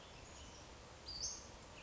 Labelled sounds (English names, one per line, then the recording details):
Western Flycatcher
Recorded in Sonoma County, California